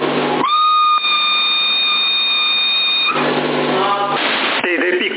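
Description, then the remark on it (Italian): A steady, high whistle held for nearly three seconds over the hiss of a CB radio carrier during a radio signal test, loud and unwavering, then breaking into static with brief garbled radio voices. “Da portante, tieni la portante e poi fai un bel fischio, vediamo un po', senza esagerare.”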